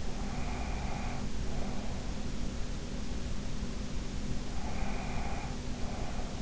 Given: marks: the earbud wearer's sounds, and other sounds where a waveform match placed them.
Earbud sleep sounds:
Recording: sounds in sleep by an in-ear microphone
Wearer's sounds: breath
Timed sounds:
0.05-2.16 s: breath
4.49-6.42 s: breath

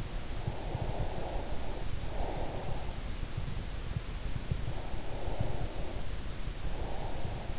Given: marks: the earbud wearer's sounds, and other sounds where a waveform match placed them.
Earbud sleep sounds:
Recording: sounds in sleep by an in-ear microphone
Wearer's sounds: breath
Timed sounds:
0.34-2.93 s: breath
4.75-7.59 s: breath

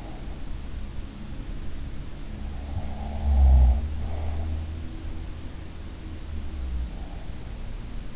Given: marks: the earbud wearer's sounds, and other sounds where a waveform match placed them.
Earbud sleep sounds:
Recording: sounds in sleep by an in-ear microphone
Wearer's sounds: breath, snoring breath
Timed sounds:
2.69-4.56 s: breath
3.26-3.91 s: snoring breath

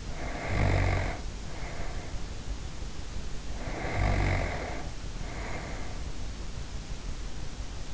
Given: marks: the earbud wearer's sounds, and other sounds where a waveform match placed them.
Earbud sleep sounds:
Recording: sounds in sleep by an in-ear microphone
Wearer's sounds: snoring breath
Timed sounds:
0.00-2.27 s: snoring breath
3.41-6.23 s: snoring breath

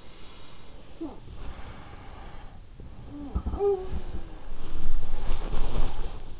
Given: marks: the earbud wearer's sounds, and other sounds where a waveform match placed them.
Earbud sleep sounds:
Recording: sounds in sleep by an in-ear microphone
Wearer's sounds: breath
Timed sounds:
0.00-2.52 s: breath
0.76-1.56 s: sound from someone else or the room
2.87-6.40 s: sound from someone else or the room
3.16-6.40 s: breath

